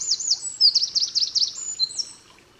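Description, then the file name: Eurasian wren song: a quick series of shrill, V-shaped high notes and trills over about two seconds. "Troglodytes troglodytes"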